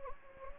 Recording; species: mosquito wingbeat signal from an infrared sensor; Anopheles gambiae